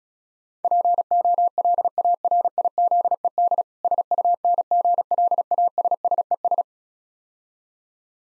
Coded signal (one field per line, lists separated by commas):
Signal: Morse code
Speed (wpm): 36 wpm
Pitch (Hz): 700 Hz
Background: none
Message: POLARIZED SUNGLASSES